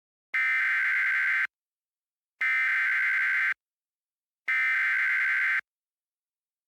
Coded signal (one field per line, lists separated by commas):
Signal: Emergency Alert System (SAME) tones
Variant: header bursts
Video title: Real EAS Mock - Destructive Severe Thunderstorm Warning - Indianapolis, IN